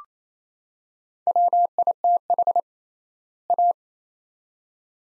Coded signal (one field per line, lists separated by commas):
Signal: Morse code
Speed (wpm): 28 wpm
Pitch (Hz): 700 Hz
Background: none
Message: WITH A